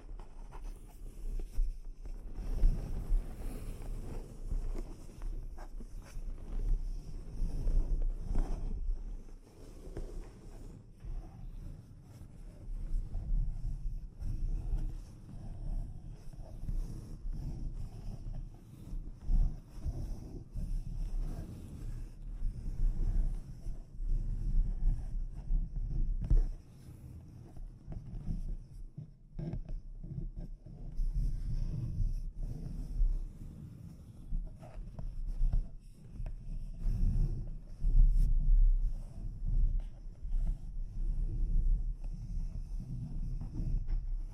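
Delicate mic scratching and tapping fills the clip with dense, low, rubbing textures and soft thuds that rise and fall irregularly throughout. Quick scratchy strokes come in clustered bursts, with a faint, thin high hiss lingering steadily above them.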